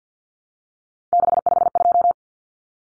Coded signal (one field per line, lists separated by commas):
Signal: Morse code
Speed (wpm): 50 wpm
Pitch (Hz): 700 Hz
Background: none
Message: 652